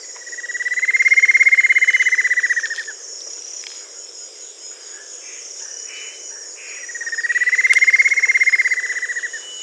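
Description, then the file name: Bird call, a rapid pulsed trill lasting over two seconds, given twice and growing louder then softer, with a constant high-pitched hum behind. "SABIOD 50 bird 2015"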